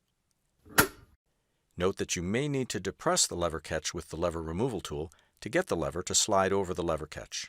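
A Schlage metal door lever is slid onto a cylindrical lock spindle and pushed inward until it passes over the spring-loaded lever catch and locks in place, giving a single sharp click at 0.8 s. After a short silence, someone talks for the rest of the clip.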